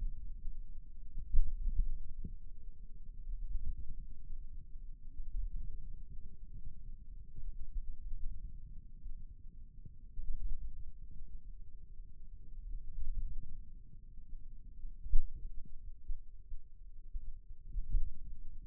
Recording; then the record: forearm muscle sounds (acoustic myography)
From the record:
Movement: pen grasping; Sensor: system 2, bracelet of six BSWA MPA416 microphones around the upper forearm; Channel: 4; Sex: male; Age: 22 years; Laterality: right